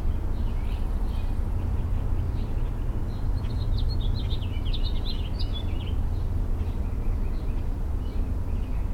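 Mockingbird singing a burst of rapid, varied chirps and sharp notes for several seconds, set against steady low-pitched background rumble.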